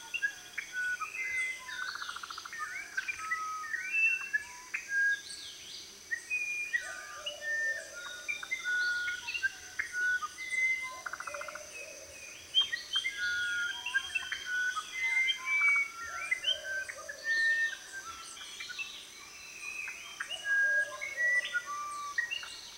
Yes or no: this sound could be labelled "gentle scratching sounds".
no